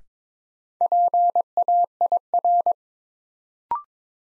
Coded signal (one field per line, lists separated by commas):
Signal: Morse code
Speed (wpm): 21 wpm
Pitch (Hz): 700 Hz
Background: none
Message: PAIR